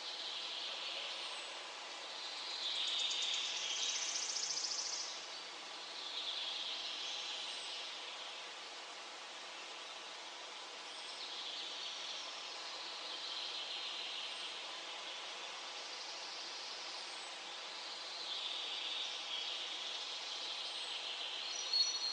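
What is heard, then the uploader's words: Birds sing and chirp continually outdoors, bright overlapping calls rising and falling every few seconds over a steady low hum of noise. Singing of birds in nature.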